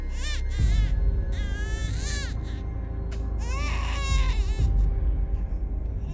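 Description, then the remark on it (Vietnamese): A newborn infant wails at night in shrill, rising bursts, three or four loud cries separated by short gasps, over a steady low rumble. “Cái đứa bé đỏ hòn ấy, nó mở trừng mắt, nó cất lên tiếng khóc choe choe, tiếng khóc ghê rợn vang lên trong đêm, tiếng khóc như xoáy sâu vào tai của Hoạt.”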